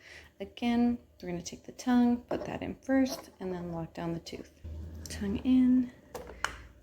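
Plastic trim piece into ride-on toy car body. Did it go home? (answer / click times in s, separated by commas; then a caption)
no / none. Someone talks while fitting a plastic trim piece into the body of a Peg Perego Polaris RZR 900 12-volt battery ride-on toy car, putting the tongue in first and then walking the teeth in. A few brief, sharp handling noises come near the end, around 6.2 to 6.4 seconds. Nothing has seated or clicked yet.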